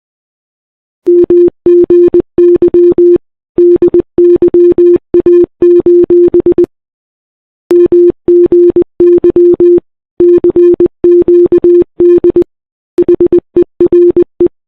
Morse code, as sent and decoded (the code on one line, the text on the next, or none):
-- --. -.-- / -.. -.-- .- ---... / -- --. -.-- / -.-. --.- -.. / .... . .-. .
MGY DYA: MGY CQD HERE